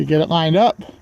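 Someone talks while lining up the upper socket of a new liftgate gas strut with the upper metal ball stud on a 2008 Ford Escape / Mercury Mariner, replaced because the hatch keeps falling down. The voice fills most of the clip and drops to a quiet tail near the end. Nothing has snapped or seated onto the ball stud yet.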